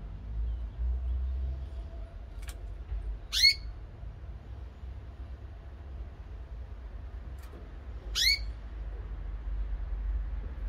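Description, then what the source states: Canary giving two quick upward-swept chirps about five seconds apart, with faint clicks and a low background hum. Female bird.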